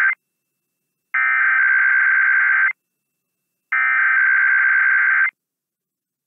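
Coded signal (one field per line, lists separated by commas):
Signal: Emergency Alert System (SAME) tones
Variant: header bursts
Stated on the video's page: Real IPAWS weekly tests for the Mountain and Pacific regions.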